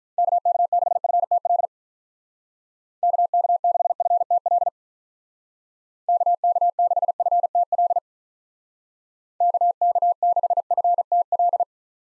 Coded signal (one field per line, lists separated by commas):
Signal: Morse code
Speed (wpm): 47 wpm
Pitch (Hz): 700 Hz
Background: none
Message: KK6FTL KK6FTL KK6FTL KK6FTL